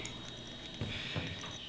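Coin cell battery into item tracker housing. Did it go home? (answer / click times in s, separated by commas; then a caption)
no / none. A CR2032 coin cell is set plus-side up into the plastic-and-metal housing of an Apple AirTag tracker, giving one short tick at 0.1 s as the battery is set down, followed by a couple of soft, low handling bumps near 0.8 s and 1.2 s. The metal cover has not yet been lined up and turned to lock, so nothing has seated or clicked yet.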